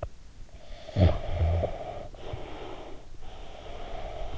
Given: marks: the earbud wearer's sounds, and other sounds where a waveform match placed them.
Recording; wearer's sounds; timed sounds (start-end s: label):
sounds in sleep by an in-ear microphone; snoring breath, breath
0.46-3.14 s: snoring breath
3.14-4.38 s: breath